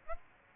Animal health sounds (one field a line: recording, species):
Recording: mosquito wingbeat signal from an infrared sensor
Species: Aedes aegypti